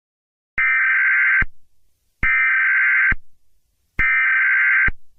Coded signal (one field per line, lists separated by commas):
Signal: Emergency Alert System (SAME) tones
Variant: header bursts